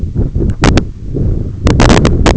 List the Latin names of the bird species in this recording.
none